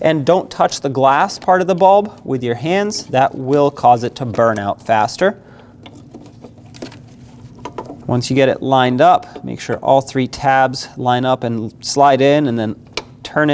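Someone talks while a 9005 high beam bulb is brought down into the headlight assembly of a 2005-2010 Chrysler 300, its three tabs lined up with the housing slots before it is turned to lock. In a quiet stretch between about 5.9 and 7.8 s, the plastic bulb base makes small scrapes and taps against the housing. Nothing has seated or clicked yet.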